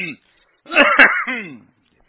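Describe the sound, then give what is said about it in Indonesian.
A voice imitates a deliberate throat clearing by a congregant during prayer: one voiced, gravelly 'ahem' lasting about a second, moderately loud, preceded by a short vocal fragment and silence. “Maunya dia sok batuk atau dehem-dehem gitu.”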